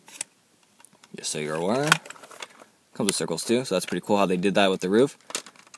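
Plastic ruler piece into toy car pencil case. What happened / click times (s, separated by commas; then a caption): The plastic part is being handled and has not yet seated / none. Someone talks while handling a plastic Hot Wheels Pencil Pusher toy-car pencil case, with small plastic taps and rattles near the start and a quick run of light clicks at the very end. A small plastic piece, likely the ruler, which is beveled on one end so it only goes in one way, is being pushed toward its slot in the case. Nothing has seated or clicked into place yet.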